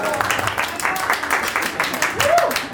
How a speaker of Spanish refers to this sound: acá con público en vivo, un aplauso por favor.